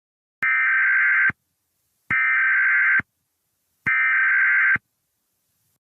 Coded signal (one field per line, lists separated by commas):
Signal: Emergency Alert System (SAME) tones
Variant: header bursts